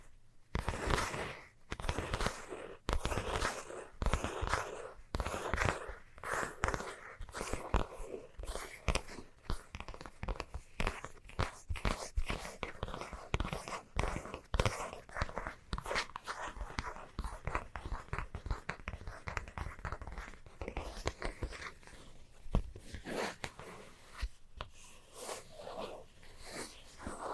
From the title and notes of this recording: ASMR Fast Scratching for Extreme Tingles（No Talking）.